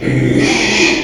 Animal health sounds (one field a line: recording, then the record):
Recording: squeal of a Yucatan mini pig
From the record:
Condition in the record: after surgery on the right vocal fold (resection and tissue-engineered implant)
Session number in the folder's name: 2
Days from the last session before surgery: 13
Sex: male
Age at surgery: 12 weeks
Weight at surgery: 13 kg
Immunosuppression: cyclosporine, prednisolone